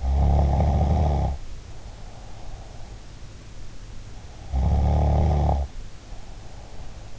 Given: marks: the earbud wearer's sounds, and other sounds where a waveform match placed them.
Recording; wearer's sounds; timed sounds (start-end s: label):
sounds in sleep by an in-ear microphone; snoring breath
0.00-2.48 s: snoring breath
4.42-7.04 s: snoring breath